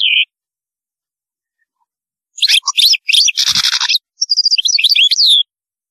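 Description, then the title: European goldfinch with a burst of lively twitters, a harsh buzzy rattle and rapid tinkling trills after a short opening note and two seconds of quiet. "Chant Chardonneret"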